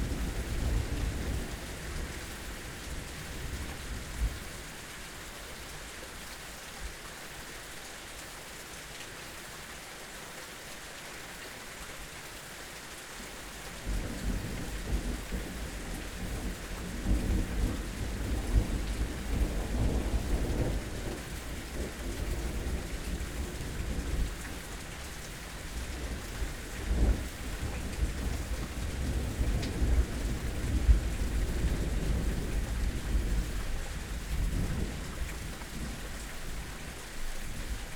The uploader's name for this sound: Thunder and Rain